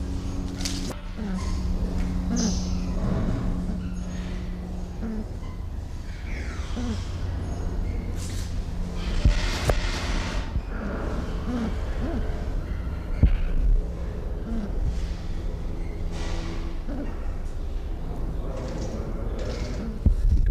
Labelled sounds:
Congo Peafowl (Afropavo congensis) call
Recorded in captivity
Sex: pair
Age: adult
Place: Zoo Berlin, Berlin, DE
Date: 1993-03-06 11:32
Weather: 3-6°C, heiter bis wolkig
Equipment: Marantz CP 430, Sennheiser ME 80, Kopie Uher Variocord 263
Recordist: Tembrock, Günter

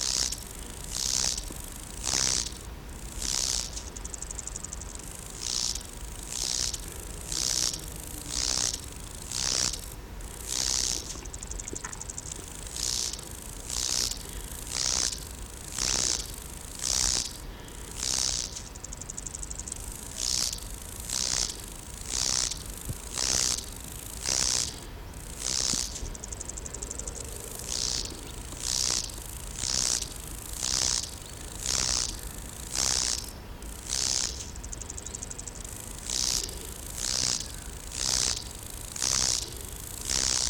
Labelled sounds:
Lesser Marsh Grasshopper (Chorthippus albomarginatus) stridulation
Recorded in the wild
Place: Eutin, Holsteinische Schweiz, Schleswig-Holstein, DE
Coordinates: 54.132, 10.614
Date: 1992-09-10 12:12
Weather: wolkig-heiter, 17°C
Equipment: Marantz CP 430, Sennheiser ME 80, Kopie Tesla B 116
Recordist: Tembrock, Günter
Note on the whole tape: 2 Männchen hinter einem Weibchen, dann Lautsequenzen des wohl artrichtigen Männchens (in der Sonne auf einem rindenlosen Stamm), längere Strecke

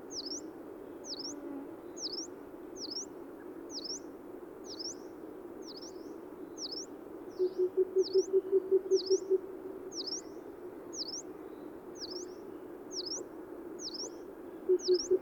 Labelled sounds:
Yellow-browed Warbler (Phylloscopus inornatus) song
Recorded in the wild
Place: Dzhalmyn, MN
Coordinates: 48.166, 107.736
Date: 1979-06-10 20:05
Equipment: Nagra III BH, Sennheiser MD 21, parabola
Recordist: Schubert, Michael

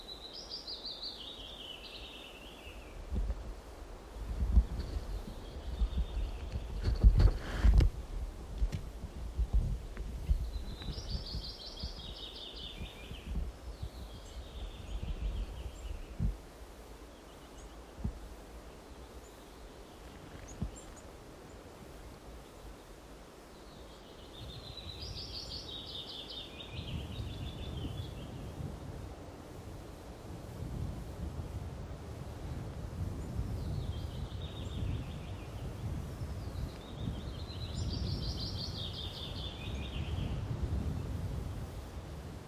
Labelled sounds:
Willow Tit (Poecile montanus) call
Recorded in the wild
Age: adult
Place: Halbinsel Kindo, Karelien, RU
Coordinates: 66.5517, 33.0878
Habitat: taiga
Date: 1996-06-21
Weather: sunny, 12-15°C
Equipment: Sony WM-D6C, Sennheiser MKH 70, Popschutz
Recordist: Frommolt, Karl-Heinz

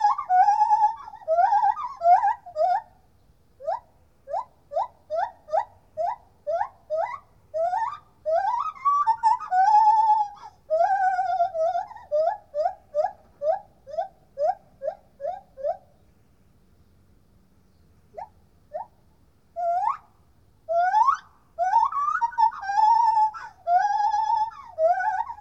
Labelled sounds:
Lar Gibbon (Hylobates lar)
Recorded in captivity
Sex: male
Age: adult
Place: Tierpark Berlin, Berlin, DE
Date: 1969-08-26
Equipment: Uher 4200 Report Stereo, Transistorverstärker II, Sennheiser MD 421, Doppelspuraufnahme
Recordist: Tembrock, Günter

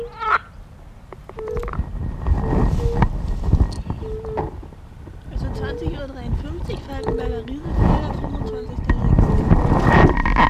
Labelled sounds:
Fire-Bellied Toad (Bombina bombina) call
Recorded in the wild
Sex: male
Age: adult
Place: Falkenberger Rieselfelder, Barnim, Berlin, DE
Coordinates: 52.5839, 13.5542
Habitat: pond
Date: 1991-06-25 20:53
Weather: Wasser: 20,5°C; Luft: 18,8°C
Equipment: Uher 4400 Report Stereo IC, RFT DM 2415
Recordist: Werner, Doreen and Mensch, Birgit

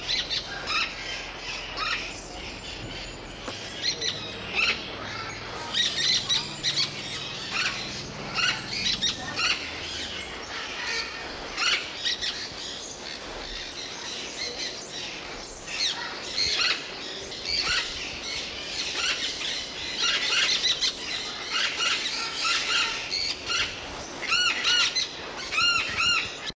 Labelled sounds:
Orange-fronted Parakeet (Eupsittula canicularis) call, Red-bellied Macaw (Orthopsittaca manilatus)
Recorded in captivity
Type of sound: call
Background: Orthopsittaca manilata
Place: Vogelpark Walsrode, Niedersachsen, DE
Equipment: Halbspur, 9,5 cm/s
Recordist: Lütgens, Hans
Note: Rufe

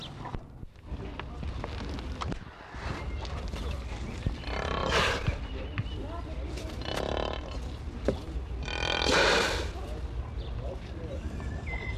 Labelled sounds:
African Buffalo (Syncerus caffer)
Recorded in captivity
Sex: female
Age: adult
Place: Tierpark Berlin, Berlin, DE
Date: 1966-07-02 15:00
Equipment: Uher 4000 Report-S, Transistorverstärker II, Sennheiser MD 421
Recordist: Tembrock, Günter
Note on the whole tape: Ältere Kuh: Atmen im Liegen und Wiederkäuen, Kurzlaut, als die jüngere vor ihr steht und frißt, dann Aufstehen. Daraufhin jüngere Kuh: Laut und Ausweichen. Abstand: 4 m. Aufnahmezeit: 15.00-18.00 Uhr

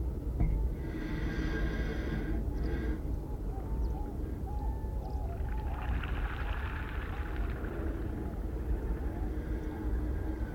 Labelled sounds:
Common Goldeneye (Bucephala clangula)
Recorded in the wild
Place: Schaabe, Insel Rügen, Mecklenburg-Vorpommern, DE
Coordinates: 54.57, 13.45
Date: 1970-04-08
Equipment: Nagra III BH, Sennheiser MD 21, parabola
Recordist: Schubert, Michael
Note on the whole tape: Fluggeräusch Schellenten

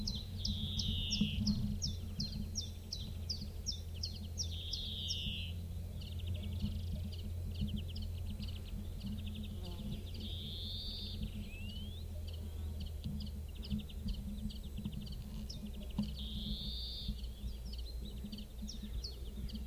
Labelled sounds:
Common Chiffchaff (Phylloscopus collybita) song
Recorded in the wild
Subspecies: collybita
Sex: male
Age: adult
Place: Ramsau, Bayern, DE
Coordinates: 47.625, 12.825
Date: 1964-05-30
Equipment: LGS26
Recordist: Faber, A. and Stumbrat

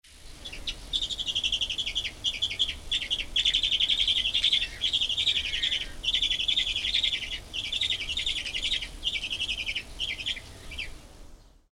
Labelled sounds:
Bearded Vulture (Gypaetus barbatus)
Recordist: Tembrock, Günter
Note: Triller

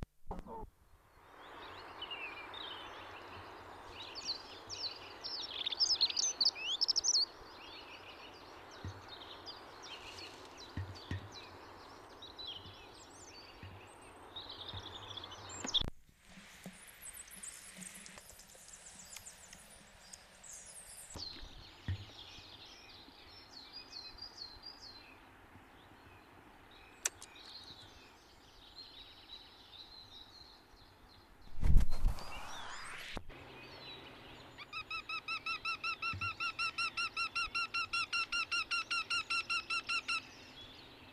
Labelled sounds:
Eurasian Wryneck (Jynx torquilla) song
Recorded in the wild
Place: Garmisch-Partenkirchen, Bayern, DE
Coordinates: 47.4917, 11.0956
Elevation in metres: 704
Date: 1973-04-28
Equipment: Nagra
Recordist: Tretzel, Erwin

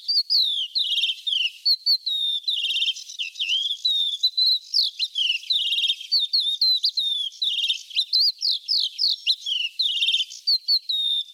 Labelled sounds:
Crested Lark (Galerida cristata) song
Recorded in the wild
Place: Nagyivan / Hortobagy, HU
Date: 1988-05-03
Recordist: Schwarz, Dieter
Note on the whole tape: Song

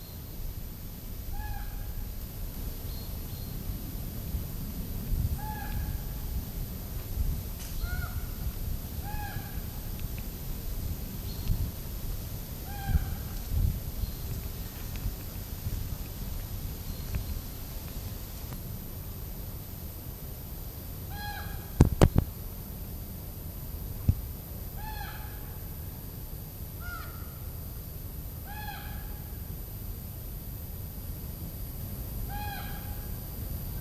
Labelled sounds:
Common Raven (Corvus corax) call
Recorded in captivity
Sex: group
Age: diverse
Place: Tegeler See, Berlin, DE
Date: 2005-08-19 16:42
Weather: cloudy, 23°C
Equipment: Panasonic RQ-2102, Sennheiser ME 80, Kopie Uher 4000 Report Monitor
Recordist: Tembrock, Günter
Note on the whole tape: Mehrere Tiere: Rufe. Wahrscheinlich aus größerer Entfernung aufgenommen. Technisch bedingtes Brummen in der Aufnahme

